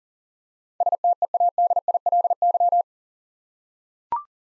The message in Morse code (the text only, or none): STEADILY